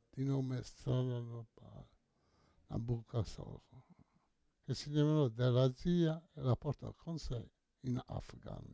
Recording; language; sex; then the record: read passage; Italian; male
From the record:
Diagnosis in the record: Parkinson's disease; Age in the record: 68 years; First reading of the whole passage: 85 s, 6.1 characters per second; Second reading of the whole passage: 63 s, 8.2 characters per second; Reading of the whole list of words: 49 s, 5.8 characters per second